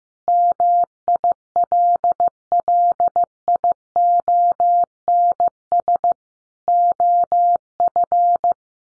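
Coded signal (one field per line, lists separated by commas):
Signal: Morse code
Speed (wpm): 15 wpm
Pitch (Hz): 700 Hz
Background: none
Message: MILLIONS OF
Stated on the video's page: Morse code practice at 15 wpm, five-word groups sent for head-copy.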